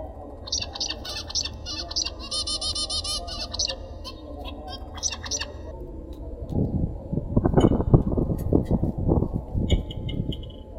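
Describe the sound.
Zebra finch song, a quick run of nasal, buzzy harmonic notes for about three seconds, then loud low rumbling and thumping noise takes over.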